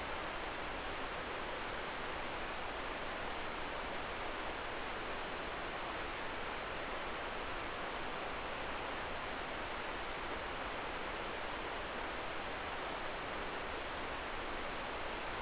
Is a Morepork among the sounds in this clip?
no